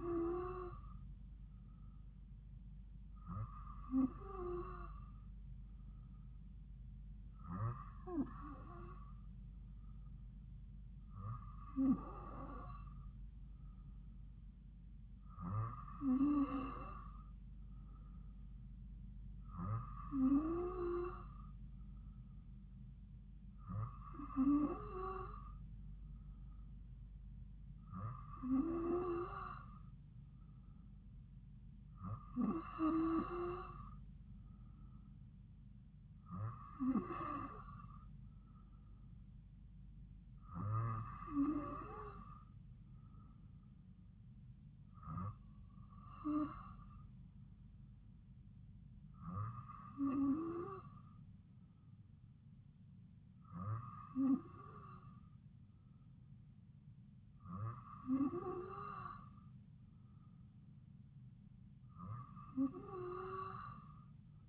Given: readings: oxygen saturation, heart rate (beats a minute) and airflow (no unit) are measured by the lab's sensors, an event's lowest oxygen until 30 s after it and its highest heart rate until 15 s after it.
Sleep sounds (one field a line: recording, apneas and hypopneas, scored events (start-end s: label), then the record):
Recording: breathing in sleep by a smartphone at the bedside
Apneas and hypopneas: none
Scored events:
none scored
From the record:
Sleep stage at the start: N2 (light sleep)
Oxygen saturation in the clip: 94%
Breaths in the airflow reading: 16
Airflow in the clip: -2.5 to 2.4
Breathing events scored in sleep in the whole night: 270 in 6.1 hours asleep